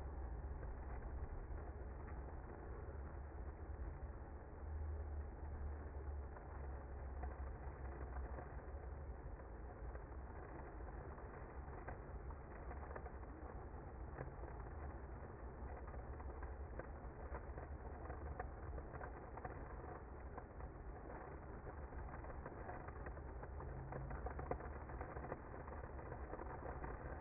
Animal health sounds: honeybee colony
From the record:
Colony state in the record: active

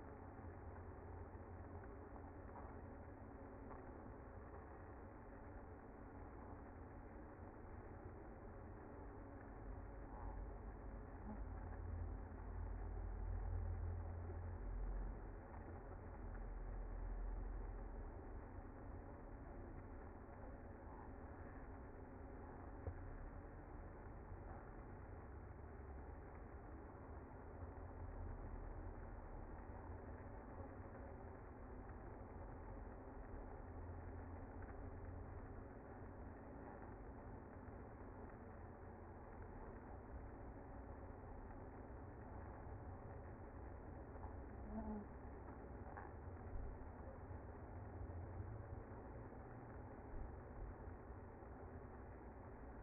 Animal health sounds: honeybee colony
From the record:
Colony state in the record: active

